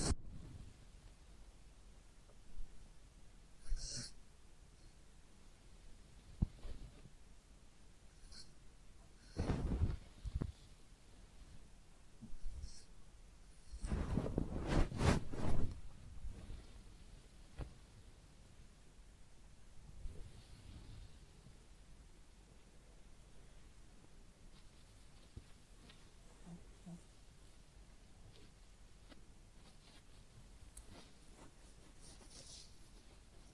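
Head massage and ear cleaning, with soft scratchy rubbing, brief bright ticks, and louder rustling bursts near ten and fifteen seconds over quiet.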